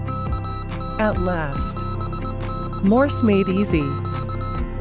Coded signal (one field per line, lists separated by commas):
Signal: Morse code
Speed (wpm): 20 wpm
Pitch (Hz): 1300 Hz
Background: speech, music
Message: KK7NPQ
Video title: Frustration-free Morse Code